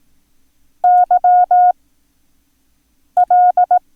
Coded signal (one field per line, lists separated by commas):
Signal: Morse code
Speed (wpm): 18 wpm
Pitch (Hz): 720 Hz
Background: none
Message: YL